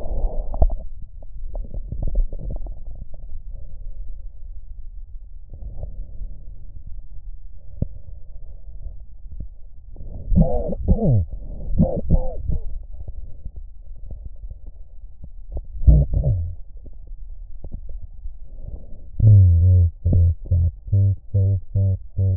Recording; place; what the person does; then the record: lung sounds by stethoscope; right posterior basal chest; quiet breathing, then cough and speech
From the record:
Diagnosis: none (healthy); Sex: male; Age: 34 years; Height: 174 cm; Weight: 93 kg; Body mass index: 30.7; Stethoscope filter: extended mode